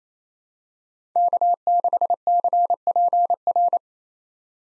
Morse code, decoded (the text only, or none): K6CPR